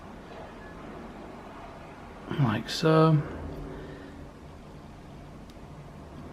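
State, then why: Seated. A watch band is slid into the groove of the band slot on an aluminium Apple Watch SE 44mm Space Grey Nike Edition case. Someone talks briefly, then a short, sharp click at 5.5 s marks the band seating into place.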